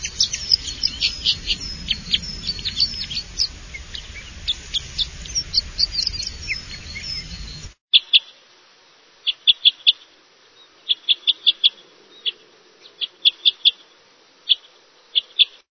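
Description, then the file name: Red crossbill giving sharp high 'kip' calls, often in clusters of two to four, first half masked by loud broad rushing noise, later half clean. "klest elovik"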